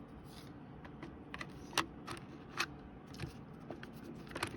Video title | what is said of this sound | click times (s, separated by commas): 3D printed QR code - version 1 | they don't snap into place so | none